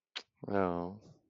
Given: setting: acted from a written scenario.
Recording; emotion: vocal sound without words; romantic love